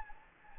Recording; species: mosquito wingbeat signal from an infrared sensor; Anopheles gambiae